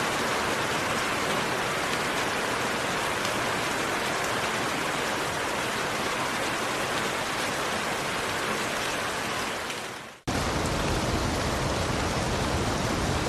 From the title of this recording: Serene Rain